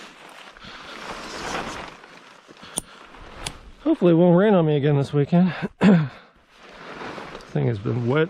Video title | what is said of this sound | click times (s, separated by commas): Camping, hunting for wild pigs, cooking on the firebox stove, and smoking a wild pig on a Traeger. | pull it out till it clicks hopefully | 2.8 s